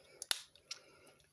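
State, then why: Seated. A folded plastic leg part on a Transformers Legacy Evolution Armada Universe Megatron action figure is tabbed in and locks into the leg with a sharp click at 0.3 s. Softer plastic ticks come before and after it. The part is seated.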